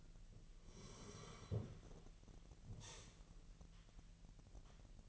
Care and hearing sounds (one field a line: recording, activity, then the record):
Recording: daily activity, microphone in the room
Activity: sit down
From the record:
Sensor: 4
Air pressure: 1002.9 hPa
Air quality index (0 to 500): 248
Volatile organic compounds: 30 ppm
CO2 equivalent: 2951 ppm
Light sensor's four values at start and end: 10/22/9/9 and 10/22/9/9